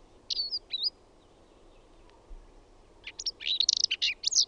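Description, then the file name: Garden warbler song: two quick high notes, a pause, then a rapid run of jumbled warbled notes over a low steady background hiss. "PENSASKERTTU"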